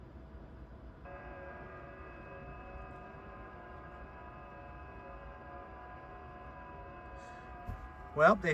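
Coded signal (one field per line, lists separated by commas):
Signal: FT8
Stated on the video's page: FT8 from a park activation at Cloudland Canyon State Park on a Yaesu FT-710 during stormy weather.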